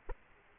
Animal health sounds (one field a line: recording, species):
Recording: mosquito wingbeat signal from an infrared sensor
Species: Aedes aegypti